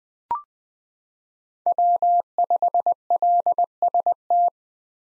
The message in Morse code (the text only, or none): W5LST